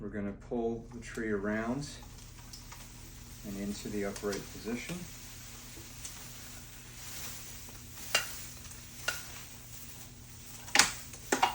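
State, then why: Not seated. Someone talks while pressing the foot pedal and swinging the lower section of a Balsam Hill Balsam Fir artificial flip Christmas tree on its metal hinge toward the upright position on the stand base. Low rustling and handling noise runs throughout, with sharp knocks at about 8.2, 9.1, 10.8 and 11.4 seconds. The hinge latch has not clicked into place yet.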